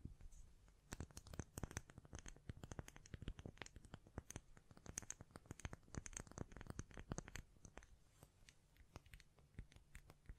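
Rapid tapping and scratching with hand sounds, dense irregular sharp clicks throughout, a busier flurry in the middle, over a low soft rumble.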